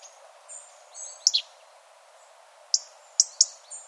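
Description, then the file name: European robin calls: high, thin whistled notes followed by a few sharp, clicking ticks, with quiet gaps between them. "Erithacus rubecula"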